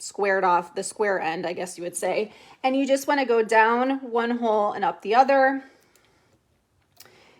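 Someone talks while a plastic zip tie is fed down one hole and up the other in a wreath board. Light handling ticks follow at about 6.0 and 7.0 seconds. Nothing has latched or clicked yet.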